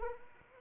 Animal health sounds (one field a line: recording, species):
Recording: mosquito wingbeat signal from an infrared sensor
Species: Anopheles arabiensis